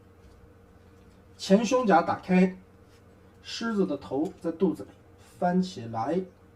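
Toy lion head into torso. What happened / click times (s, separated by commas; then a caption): Parts handled, nothing seated yet / none. Someone talks while handling a Beast King GoLion (Voltron) lucky-cat series toy, opening its chest plate and flipping the lion head up out of its torso. The lion head has not yet clicked into place in the chest, and nothing has seated yet.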